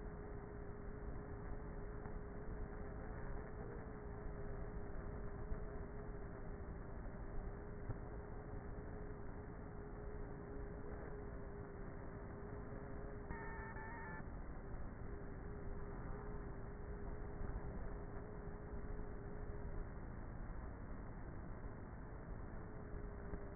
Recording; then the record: honeybee colony, microphone inside the hive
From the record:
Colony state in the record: queenless with a low population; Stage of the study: before two queens were removed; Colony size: about 30,000 bees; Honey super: no